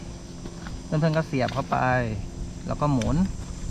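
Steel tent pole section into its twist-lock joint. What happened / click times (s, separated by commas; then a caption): Pole section handled and twisted, not yet locked; no seating click / none. A steel tent-frame pole section on an Ogawa Type52r tent is handled at its twist-lock joint, to be pushed in and twisted until it locks. Someone talks throughout, with a faint brief tick near 0.7 s. Nothing has seated or clicked into place yet.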